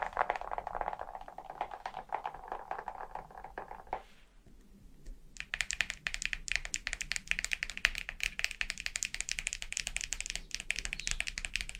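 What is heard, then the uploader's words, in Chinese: Fingernails tap rapidly and steadily on a hard surface, a dense run of small clicks. For the first four seconds the taps sound duller and lower, then a brief near-silence, and from about five and a half seconds the tapping returns brighter and sharper until the end. 指甲敲击。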